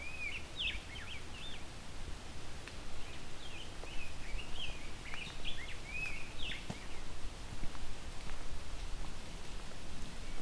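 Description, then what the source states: Rose-breasted Grosbeak giving a subdued warbled song, a run of clear whistled notes in several bunches through the first two-thirds, with a low steady hum behind. Male, recorded fairly close up, shy, giving a quiet, not wholehearted song sung to himself.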